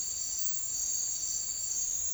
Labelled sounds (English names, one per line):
none